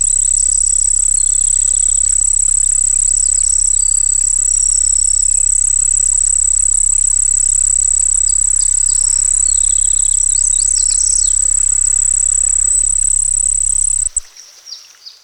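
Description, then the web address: Cricket song, a constant shrill pulsed trill for about fourteen seconds with faint higher chirps mixed in, then cutting off abruptly to near quiet with a few soft knocks. Several crickets singing by a pond. "Dr Sound Effects. Crickets Singing By a Pond"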